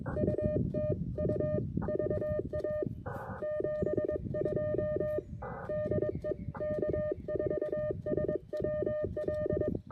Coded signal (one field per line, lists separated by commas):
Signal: Morse code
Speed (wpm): 20 wpm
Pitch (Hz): 600 Hz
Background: none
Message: U TU VA 72 DE K4SWL